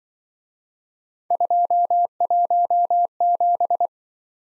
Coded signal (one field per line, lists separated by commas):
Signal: Morse code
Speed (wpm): 25 wpm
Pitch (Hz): 700 Hz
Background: none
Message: 217